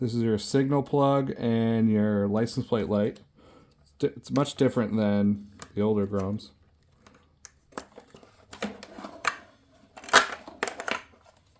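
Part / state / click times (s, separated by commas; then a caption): turn signal and license plate light plug in the motorcycle rear wiring harness / released / 10.6 s. Someone talks, then unplugs the plastic wiring connector for the turn signals and license plate light from the rear wiring harness in a Grom motorcycle tail section. Several soft handling clicks lead up to a sharp click at 10.6 s as the latch releases and the connector comes out.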